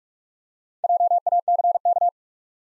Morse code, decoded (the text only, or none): JACK